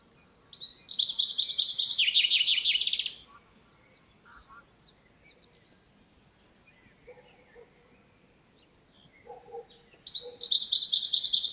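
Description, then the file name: Common chaffinch song: a rapid trill of bright notes descending in pitch and ending in a flourish, repeated after a long gap. Faint thin whistles from other birds in between. "Fringilla coelebs"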